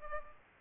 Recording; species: mosquito wingbeat signal from an infrared sensor; Culex pipiens